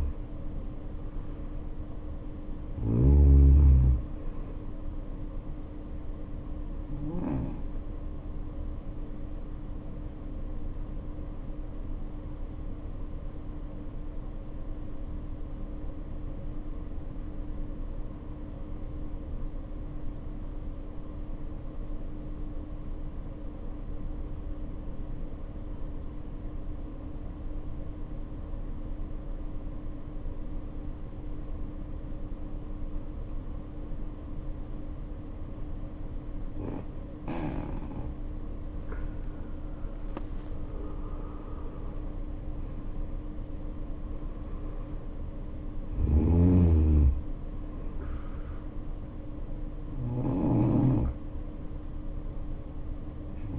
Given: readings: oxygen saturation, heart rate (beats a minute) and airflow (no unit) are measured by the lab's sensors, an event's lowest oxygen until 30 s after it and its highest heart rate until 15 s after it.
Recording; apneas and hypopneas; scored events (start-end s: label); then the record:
breathing in sleep by a smartphone at the bedside; 1
15.00-37.00 s: obstructive apnea (N1, oxygen 94% highest, then 75% lowest, heart rate 54 at the start, 74 highest)
17.00-47.00 s: new sleep stage, N2 (light sleep)
47.00-53.59 s: new sleep stage, N1 (lightest sleep)
From the record:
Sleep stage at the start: N1 (lightest sleep); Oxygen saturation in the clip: 77 to 94%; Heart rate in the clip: 50 to 74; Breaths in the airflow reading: 7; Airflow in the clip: -9.9 to 10.9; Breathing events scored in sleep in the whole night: 520 in 7.2 hours asleep